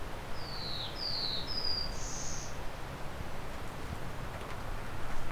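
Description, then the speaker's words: Black-throated blue warbler song: three buzzy slurred notes followed by a higher buzzy final note, over steady background noise. Male singing a variant of the typical 'beer beer bees' song, adding one more note like 'beer beer bees bees'; Allen Park Conservation Area. "He's adding one more thing to it, almost like beer beer bees bees."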